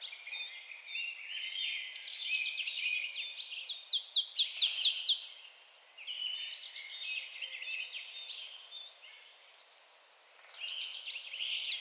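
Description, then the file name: Marsh tit calls: one short run of sharp, descending notes near the middle, amid dense high chattering. "Poecile palustris"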